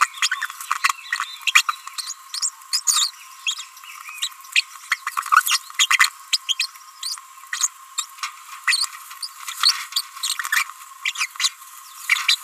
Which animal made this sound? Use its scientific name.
Forpus passerinus